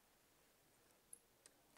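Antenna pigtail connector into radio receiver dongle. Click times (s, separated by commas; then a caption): 1.1 s. An antenna pigtail connector is pushed by thumb onto the radio receiver board of a receiver dongle inside a plastic case. After a quiet stretch, a sharp click at 1.1 s shows it seating, followed by a softer tick at about 1.5 s. The connector is seated.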